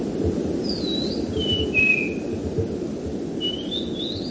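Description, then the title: Bird whistling: a descending series of pure notes, a short pause, then an upward-climbing whistle, all above a persistent low hum. "burung online"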